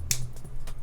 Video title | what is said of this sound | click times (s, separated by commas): Beyblade X is HERE!! - A Detailed Look & Comparison | and you'll hear a little click and it will lock into place | 0.1 s